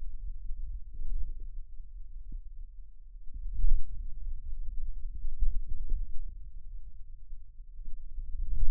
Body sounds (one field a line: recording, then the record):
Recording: forearm muscle sounds (acoustic myography)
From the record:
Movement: hand closing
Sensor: system 2, bracelet of six BSWA MPA416 microphones around the upper forearm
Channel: 1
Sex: male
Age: 22 years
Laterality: right